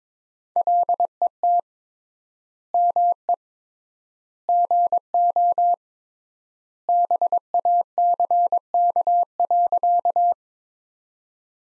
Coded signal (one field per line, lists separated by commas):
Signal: Morse code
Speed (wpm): 21 wpm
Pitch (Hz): 700 Hz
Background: none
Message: LET ME GO BACK.